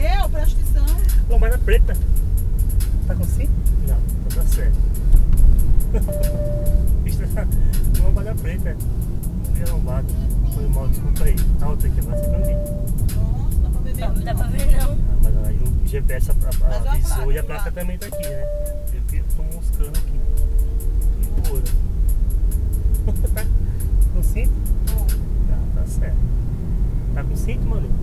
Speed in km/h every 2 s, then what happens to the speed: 33, 43, 52, 61, 64, 64, 60, 46, 21, 20, 30, 39, 48, 58.
0-10 speeds up to 64. 10-16 brakes to 21. 18-28 speeds up to 58.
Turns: none.